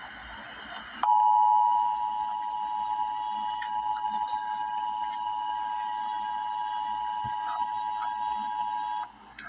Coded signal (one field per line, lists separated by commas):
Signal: Emergency Alert System (SAME) tones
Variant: 853 and 960 Hz attention tone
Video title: Emergency Alert System - Severe Thunderstorm Warning - Aug 31, 2024 at 2:31 AM EDT